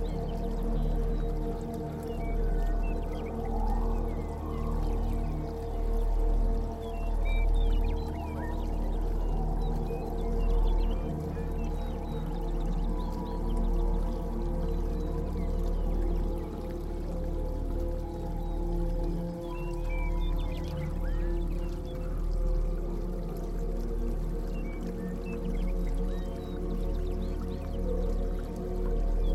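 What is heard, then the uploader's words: Soft, sustained music with low droning tones holds steady throughout, while faint, sparse chirps flicker high above and a gentle watery wash runs underneath. Relaxing Music With Birds Chirpping In The Forest.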